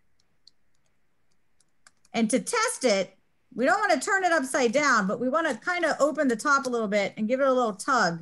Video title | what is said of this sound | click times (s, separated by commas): STEM Career Showcase: South St. Marys Elementary & Advantage Metal Powders | pull some of the air out of there but you want to make sure that your bag is sealed really well so you can hear it click | 0.2 s, 0.5 s, 1.6 s, 1.9 s